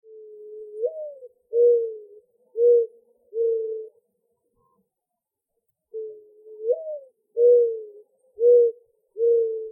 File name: Dove Mourning